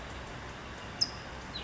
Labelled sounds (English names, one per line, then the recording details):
California Towhee
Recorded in Sonoma County, California